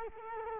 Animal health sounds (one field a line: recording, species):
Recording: mosquito wingbeat signal from an infrared sensor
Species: Culex quinquefasciatus